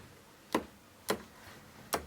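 The rotating tripod collar on a Canon 300mm f/2.8 L IS II telephoto lens is turned, clicking metal on metal into its orientation detent stops for landscape and portrait. Three sharp, short clicks land at 0.6, 1.1 and 1.9 seconds against a quiet background. The collar seats into each detent stop.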